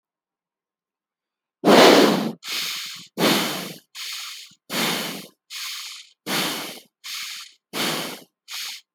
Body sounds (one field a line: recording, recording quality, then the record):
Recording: shallow breathing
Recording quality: excellent, no background noise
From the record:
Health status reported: healthy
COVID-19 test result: negative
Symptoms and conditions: none ticked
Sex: male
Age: 26 years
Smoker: not ticked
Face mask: not worn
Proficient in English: yes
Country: India